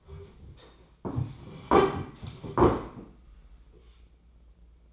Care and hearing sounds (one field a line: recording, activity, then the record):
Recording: daily activity, microphone in the room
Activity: sit down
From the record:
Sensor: 1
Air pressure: 996.0 hPa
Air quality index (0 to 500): 235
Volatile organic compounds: 1000 ppm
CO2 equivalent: 6856 ppm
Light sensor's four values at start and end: 33/81/35/42 and 35/86/37/44